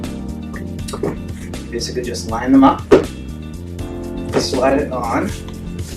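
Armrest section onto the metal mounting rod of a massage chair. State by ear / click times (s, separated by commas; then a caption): not seated / none. Someone talks over background music while the right armrest section of an Atmos Infinity Escape massage chair is lined up and slid onto the metal mounting rod in the center hole, with a few soft handling knocks. The armrest has not yet been pushed down and locked, so nothing has seated or clicked yet.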